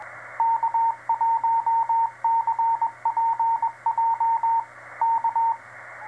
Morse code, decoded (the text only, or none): K1CPJ K